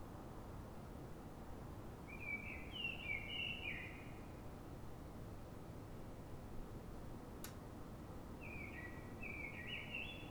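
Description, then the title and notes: Common blackbird singing two mellow warbled phrases, the second starting after a long pause, against a constant low urban hum with a brief click. Urban blackbird singing in Fuenlabrada, Madrid, Spain; city blackbirds sing before dawn so other blackbirds hear them before human noise begins; called a reclamo; recorded with Zoom H1n. "Pl. de Francisco Escolar, 10, 28944 Fuenlabrada, Madrid, España - Sonido Reclamo de Mirlo. Mirlo cantando, es un sonido de reclamo"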